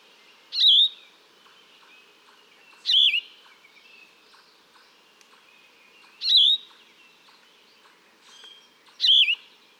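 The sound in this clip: Yellow-throated vireo song, four brief buzzy slurred phrases repeated every two to three and a half seconds, faint chips and ticks behind.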